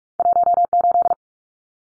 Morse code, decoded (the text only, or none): 18